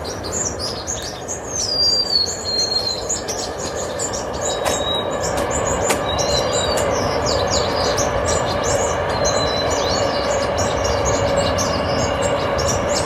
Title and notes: White-crowned and Golden-crowned Sparrows chirping and singing at a large communal winter roost in California